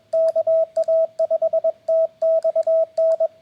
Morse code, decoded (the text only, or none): KA5TXN